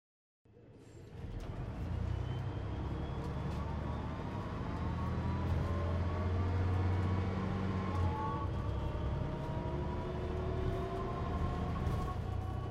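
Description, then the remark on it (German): Steady low engine rumble inside a moving bus, with a continuous droning hum, faint rising and falling whine of the motor, and occasional soft rattles and clicks over the constant noise. “Du sitzt im Bus und hörst, wie sich zwei Jungen, Rocco und Oskar, über Roccos Umzug unterhalten”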